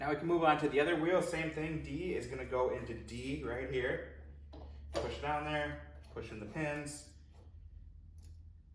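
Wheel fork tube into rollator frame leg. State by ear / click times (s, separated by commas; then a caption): not seated / none. A man talks while moving on to the other rear wheel of a Vocic rollator walker, with the wheel fork tube, part D, being pushed down into the aluminum frame leg and the pins pressed in. A few faint handling knocks are heard near 4.5 and 8.2 seconds. Nothing has seated or clicked yet.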